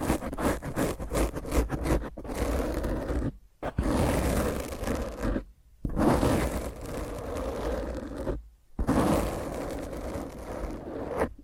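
Rough, intense scratching of fingernails across a microphone, a dense grinding rasp that fills everything from deep rumble to bright hiss. It comes in long bursts with short clean gaps near 3.5, 5.7 and 8.5 seconds, the opening strokes faster and choppier.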